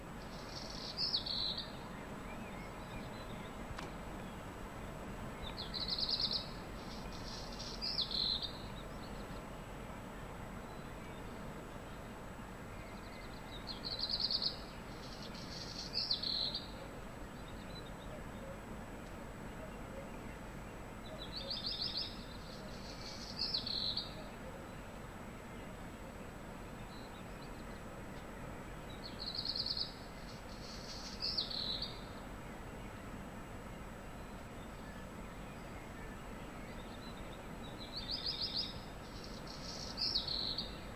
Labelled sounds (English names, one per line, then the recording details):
Black Redstart
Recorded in the wild
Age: adult
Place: Untertweng, AT
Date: 1972-05-14
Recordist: Brunner, Thomas